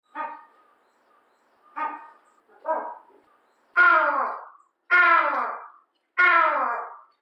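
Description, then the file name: Crested ibis giving harsh, nasal croaking calls, six in all, the last three louder and longer with a falling, drawn-out quality, in an otherwise quiet background. "toki"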